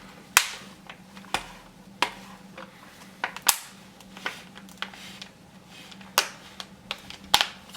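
Someone presses a plastic Griffin Survivor case frame down around the edges of an iPad 2 sitting in its inner shell. Sharp snap clicks ring out at 0.4, 2.0, 6.2 and 7.3 seconds, with fainter ticks in between. The case edges click home around the perimeter and the frame is seated.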